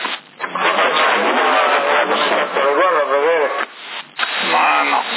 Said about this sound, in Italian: non per nulla i microfoni degli aerei sono i migliori perché tolgono anche il rumore dei motori, no? Tu invece c'è un microfono che il rumore dei motori non te lo toglie.